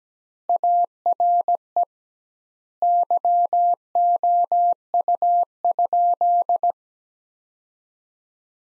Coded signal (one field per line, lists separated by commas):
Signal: Morse code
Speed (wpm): 17 wpm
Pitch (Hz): 700 Hz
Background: none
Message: ARE YOU?